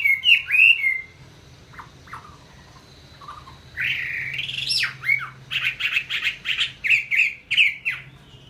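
Chinese hwamei giving scattered whistled notes, then a rising slurred phrase and a series of quick repeated chirps and whistles.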